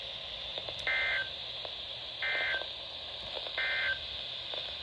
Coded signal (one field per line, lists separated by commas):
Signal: Emergency Alert System (SAME) tones